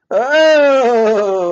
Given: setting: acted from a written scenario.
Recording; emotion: vocal sound without words; positive surprise